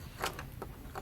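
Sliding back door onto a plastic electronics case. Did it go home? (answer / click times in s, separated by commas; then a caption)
yes / 0.2 s. A sliding back door is pushed onto a plastic electronics enclosure and snaps into place with a sharp click at 0.2 s, followed by fainter clicks and rattles near 0.4, 0.6 and 1.0 s. The door is seated and holds firmly even when pulled hard.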